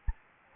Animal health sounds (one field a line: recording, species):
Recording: mosquito wingbeat signal from an infrared sensor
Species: Anopheles gambiae